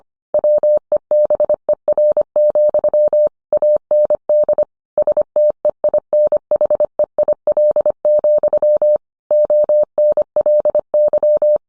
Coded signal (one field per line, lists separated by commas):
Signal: Morse code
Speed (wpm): 25 wpm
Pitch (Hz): 600 Hz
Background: none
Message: WEBER, AND STEINHEIL, ONLY